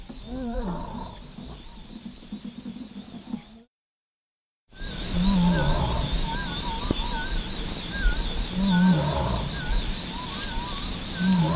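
Lion grunts in low, throaty bursts that dip and rise, broken by about a second of silence midway, over a steady high whine.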